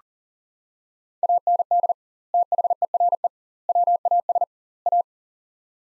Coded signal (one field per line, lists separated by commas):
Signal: Morse code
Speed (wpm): 40 wpm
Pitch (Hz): 700 Hz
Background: none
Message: AND THERE WAS A